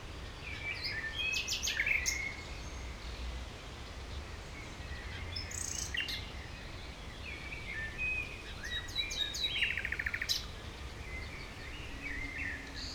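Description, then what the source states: Nightingale song in scattered phrases of sharp notes and rattling trills, with continuous background noise throughout. Recorded at Heidekampgraben on the Mauerweg, former Berlin Wall area, Berlin; Sony PCM D50 with Primo EM172 microphones.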